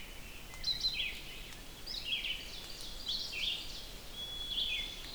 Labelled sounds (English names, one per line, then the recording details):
Red-eyed Vireo song
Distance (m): 25 m
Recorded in boreal forest in Alberta, Canada, on 4 June 2016 at 05:18
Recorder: SongMeter 3, array SBT-3-51
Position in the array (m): 146 m, 90 m